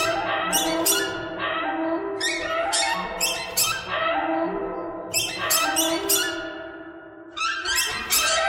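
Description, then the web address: Bird calls, raspy squawks repeated in waves, each burst starting with sharp high ticks and trailing into hoarse, droning notes. "soundfactory birds birds thread buzz"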